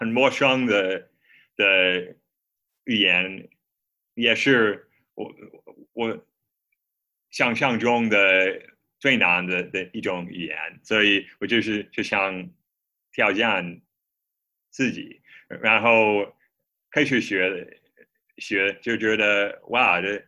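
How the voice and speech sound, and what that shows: Adult man from Minnesota who stammers, speaking Mandarin Chinese as a second language in broken fragments, with a repeated word, long silent gaps and stretched sounds, typical of stuttering blocks.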